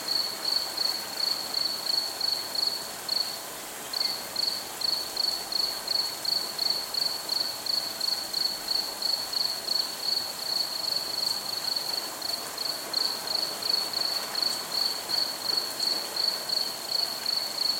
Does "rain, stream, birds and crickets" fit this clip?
yes